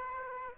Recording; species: mosquito wingbeat signal from an infrared sensor; Aedes aegypti